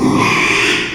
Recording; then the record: squeal of a Yucatan mini pig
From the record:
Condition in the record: after surgery on the right vocal fold (resection and tissue-engineered implant); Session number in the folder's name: 1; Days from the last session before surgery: 6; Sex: male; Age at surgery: 12 weeks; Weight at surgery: 13 kg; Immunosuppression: cyclosporine, prednisolone